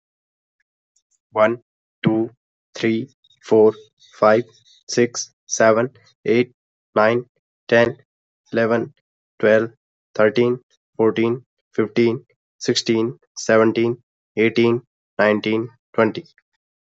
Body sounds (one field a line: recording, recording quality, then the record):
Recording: counting at a normal pace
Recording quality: excellent, no background noise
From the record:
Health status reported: healthy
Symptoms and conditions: none ticked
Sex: male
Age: 20 years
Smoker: not ticked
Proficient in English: yes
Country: India